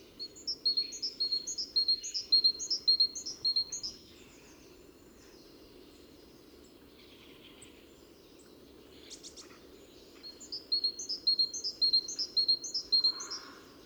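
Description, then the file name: Great tit song: bright two-note phrases repeated rapidly in a high series, then a long pause before the same see-saw phrases return, over steady low background rumble. "Parus major"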